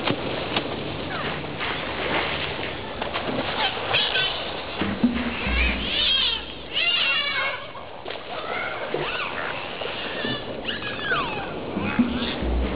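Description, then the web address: Dolphins whistling often, with many wavering, looping and rising-falling whistles plus scattered clicks, over a low underwater rumble. "legacy kft sounds dolphins"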